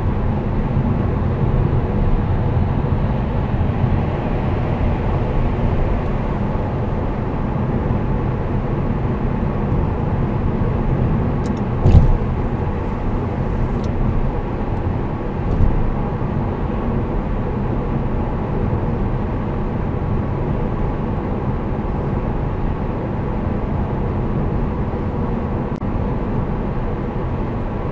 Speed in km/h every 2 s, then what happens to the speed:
104, 104, 103, 104, 104, 105, 104, 104, 101, 101, 100, 100, 100, 101.
0-28 steady at about 103.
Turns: none.